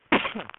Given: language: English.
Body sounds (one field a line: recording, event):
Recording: throat vibration sensor signal played as sound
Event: cough